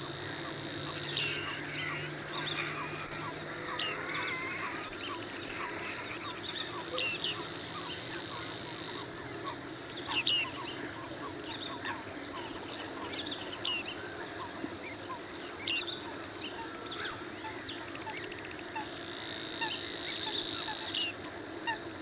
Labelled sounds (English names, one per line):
Bearded Reedling call